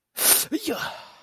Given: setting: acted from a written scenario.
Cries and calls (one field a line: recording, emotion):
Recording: vocal sound without words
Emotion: embarrassment